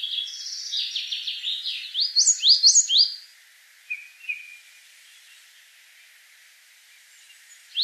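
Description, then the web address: Coal tit: rapid high notes run into a series of steep upward-sweeping whistles, followed by a few soft short calls and a final rising note after a pause. "Голоса птиц Московка"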